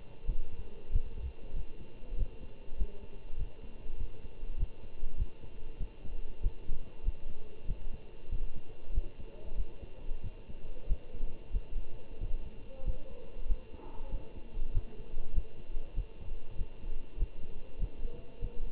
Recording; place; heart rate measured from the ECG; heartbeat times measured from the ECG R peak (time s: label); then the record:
heart sounds by stethoscope; between the tricuspid and mitral areas; 96 bpm
0.25 s: heartbeat
0.90 s: heartbeat
1.53 s: heartbeat
2.16 s: heartbeat
2.76 s: heartbeat
3.36 s: heartbeat
3.97 s: heartbeat
4.57 s: heartbeat
5.16 s: heartbeat
5.78 s: heartbeat
6.41 s: heartbeat
7.03 s: heartbeat
7.66 s: heartbeat
8.29 s: heartbeat
8.92 s: heartbeat
9.55 s: heartbeat
10.22 s: heartbeat
10.87 s: heartbeat
11.51 s: heartbeat
12.19 s: heartbeat
12.83 s: heartbeat
13.46 s: heartbeat
14.09 s: heartbeat
14.72 s: heartbeat
15.33 s: heartbeat
15.94 s: heartbeat
16.56 s: heartbeat
17.17 s: heartbeat
17.78 s: heartbeat
18.40 s: heartbeat
From the record:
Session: Bruce protocol treadmill stress test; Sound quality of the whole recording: good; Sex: male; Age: 25 years